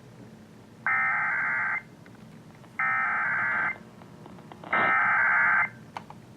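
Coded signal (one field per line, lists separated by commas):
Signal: Emergency Alert System (SAME) tones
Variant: header bursts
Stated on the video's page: Real EAS alert recorded with an MP3 player.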